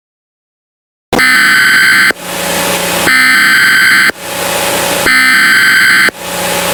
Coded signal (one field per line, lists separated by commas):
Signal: Emergency Alert System (SAME) tones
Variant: header bursts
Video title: Eas Scenario #3 Godzilla invades Washington